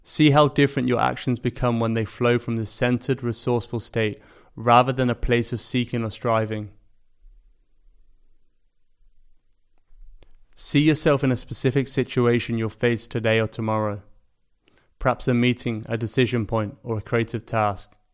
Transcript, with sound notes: See how different your actions become when they flow from this centered, resourceful state rather than from a place of seeking or striving. [Pause 20 seconds] See yourself in a specific situation you'll face today or tomorrow – perhaps a meeting, a decision point, or a creative task.